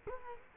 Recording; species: mosquito wingbeat signal from an infrared sensor; Culex quinquefasciatus